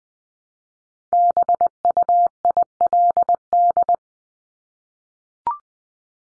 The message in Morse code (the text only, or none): BUILD